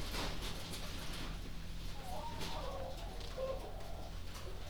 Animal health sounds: poultry house recording; healthy chickens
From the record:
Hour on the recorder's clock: 21

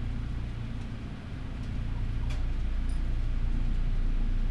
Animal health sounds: poultry house recording; healthy chickens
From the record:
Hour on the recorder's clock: 12

